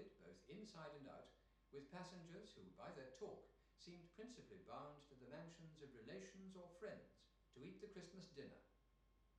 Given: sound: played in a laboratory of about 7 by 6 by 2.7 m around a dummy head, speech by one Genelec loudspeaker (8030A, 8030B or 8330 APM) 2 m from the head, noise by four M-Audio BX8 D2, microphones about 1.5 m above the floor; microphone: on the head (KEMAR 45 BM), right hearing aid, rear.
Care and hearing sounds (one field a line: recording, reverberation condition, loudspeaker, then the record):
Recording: male speech in English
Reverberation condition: medium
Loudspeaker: 150 degrees to the left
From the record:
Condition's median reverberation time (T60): about 510 ms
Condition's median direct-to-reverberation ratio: about -0.5 dB